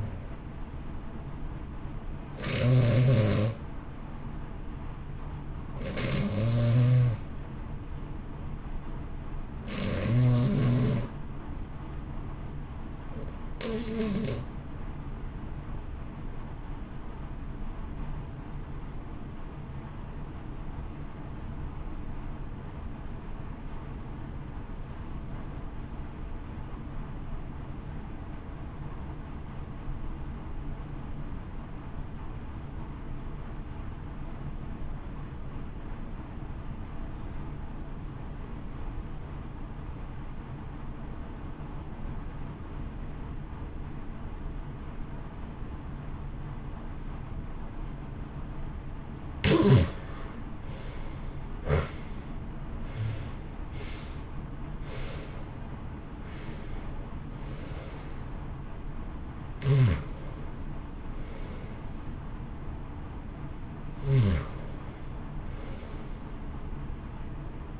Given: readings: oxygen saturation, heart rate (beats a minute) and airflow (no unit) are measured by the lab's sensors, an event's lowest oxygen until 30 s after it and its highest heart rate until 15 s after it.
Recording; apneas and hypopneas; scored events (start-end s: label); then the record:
breathing in sleep by a smartphone at the bedside; 1
7.00-47.30 s: hypopnea (N1, oxygen 94% highest, then 66% lowest, heart rate 62 at the start, 79 highest)
From the record:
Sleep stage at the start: N1 (lightest sleep); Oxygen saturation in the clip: 69 to 94%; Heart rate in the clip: 57 to 79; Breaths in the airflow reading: 28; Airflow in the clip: -1.2 to 1.6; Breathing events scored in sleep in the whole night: 328 in 6.3 hours asleep